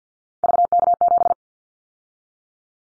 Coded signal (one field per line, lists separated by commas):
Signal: Morse code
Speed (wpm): 50 wpm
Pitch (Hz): 700 Hz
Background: none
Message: VK7